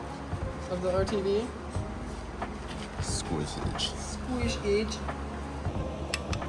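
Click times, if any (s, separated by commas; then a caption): 6.1 s, 6.3 s. A torque wrench tightens a bolt on an engine part freshly sealed with RTV until it clicks at its set torque, with sharp clicks at 6.1 s and 6.3 s. Someone talks throughout over low background noise. The bolt reaches its set torque.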